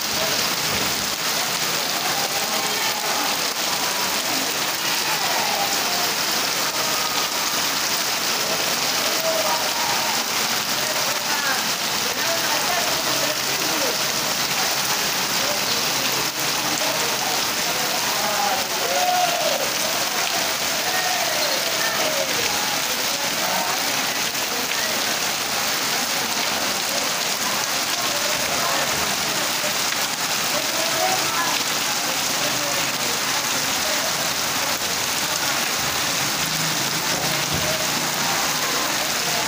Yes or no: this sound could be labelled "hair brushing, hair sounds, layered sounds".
no